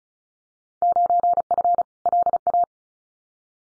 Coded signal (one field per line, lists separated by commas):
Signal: Morse code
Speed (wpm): 34 wpm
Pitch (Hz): 700 Hz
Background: none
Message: 9F LA